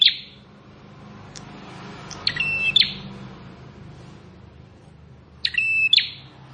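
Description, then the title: Plain prinia song: the tail of one buzzy, rattling phrase, then two more about three seconds apart, each preceded by sharp ticks, over a constant low background hum. "Ciblek Sawah"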